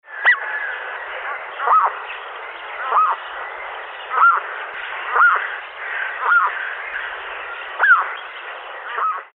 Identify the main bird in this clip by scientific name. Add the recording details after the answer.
Eudromia elegans. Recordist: Tembrock, Günter. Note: Kurzlaute